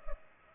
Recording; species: mosquito wingbeat signal from an infrared sensor; Culex pipiens